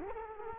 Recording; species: mosquito wingbeat signal from an infrared sensor; Culex quinquefasciatus